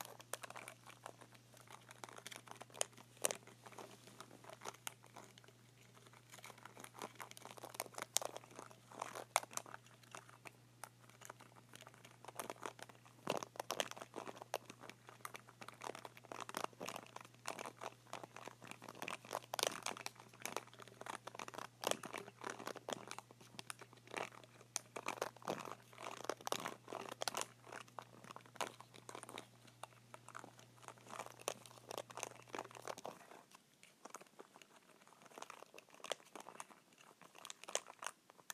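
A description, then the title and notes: Buttons on a remote are pressed in a rapid, uneven stream of small clicks and crackly taps that continues with little pause. A steady low hum runs underneath until about 33 seconds, then cuts out, leaving the last few clicks alone. ASMR Buttons on a Remote.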